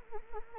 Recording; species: mosquito wingbeat signal from an infrared sensor; Anopheles arabiensis